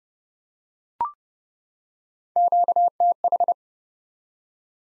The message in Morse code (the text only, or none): QTH